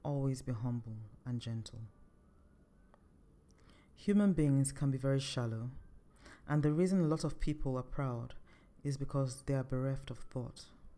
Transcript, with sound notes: 2 Always be humble and gentle…” [with emphasis] Human beings can be very shallow and the reason a lot of people are proud is because they are bereft of thought.